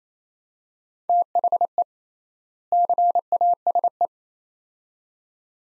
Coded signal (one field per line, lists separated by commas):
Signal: Morse code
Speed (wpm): 28 wpm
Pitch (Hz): 700 Hz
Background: none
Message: THE CASE